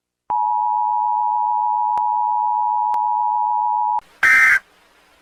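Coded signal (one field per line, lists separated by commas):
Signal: Emergency Alert System (SAME) tones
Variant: 853 and 960 Hz attention tone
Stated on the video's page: Meme animation, not a real alert, with song and TTS voice.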